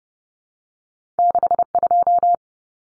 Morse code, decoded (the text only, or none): 62